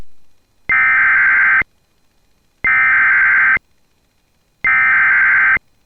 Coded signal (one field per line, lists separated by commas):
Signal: Emergency Alert System (SAME) tones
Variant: header bursts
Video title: I'm so out of it.. Istg.. lol || EAS Alerts from June 26, 2024 (EAS #2,899-2,914)